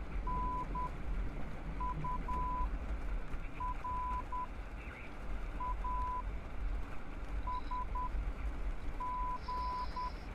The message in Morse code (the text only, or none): NURASG